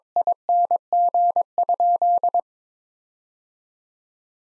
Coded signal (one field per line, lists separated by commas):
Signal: Morse code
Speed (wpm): 22 wpm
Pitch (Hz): 700 Hz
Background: none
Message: ING?